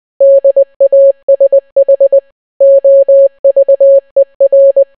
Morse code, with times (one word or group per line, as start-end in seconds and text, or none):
0.2-2.2 DASH
2.6-4.8 OVER